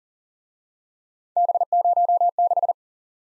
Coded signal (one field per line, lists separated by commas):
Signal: Morse code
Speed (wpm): 39 wpm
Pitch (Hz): 700 Hz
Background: none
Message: B06